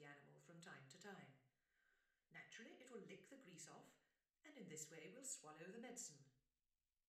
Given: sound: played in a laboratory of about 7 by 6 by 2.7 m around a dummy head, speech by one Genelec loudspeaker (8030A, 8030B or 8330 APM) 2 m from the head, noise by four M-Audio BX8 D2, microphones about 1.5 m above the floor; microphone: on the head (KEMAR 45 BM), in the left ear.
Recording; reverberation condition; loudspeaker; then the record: female speech in English; medium; 120 degrees to the left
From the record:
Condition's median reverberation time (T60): about 510 ms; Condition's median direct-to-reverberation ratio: about -0.5 dB